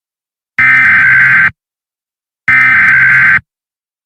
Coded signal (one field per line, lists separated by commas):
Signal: Emergency Alert System (SAME) tones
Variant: header bursts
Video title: EAS Scenario: It Is Watching You...... (A EAS Maker Alternate world Scenario)